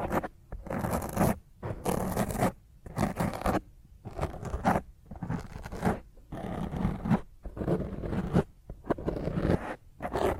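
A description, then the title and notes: Rough fingernail scratching on a microphone, heard loud, in repeated harsh strokes about once or twice a second with short silent gaps between them. Each stroke is gritty and ragged, with a heavy low rumble under a dry, scraping rasp. ASMR Intense Rough Mic Scratch using HandNails (No Talking).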